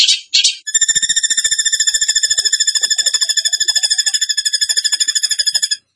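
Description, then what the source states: Bird song that opens with two short buzzy bursts, then settles into a long, steady, very rapid trill of high pulsed notes. Masteran training recording in the tembakan gacor style.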